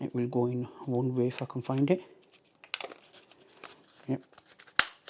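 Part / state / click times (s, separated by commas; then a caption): removable washable part into cordless vacuum body / seated / 4.8 s. A removable, washable twist-lock part is refitted into the body of a Tineco PURE ONE X cordless vacuum after washing; it only goes in one way, so it is lined up and pushed home. Someone talks at first, then soft handling noises follow, and a sharp click at 4.8 s marks the part seating back into place.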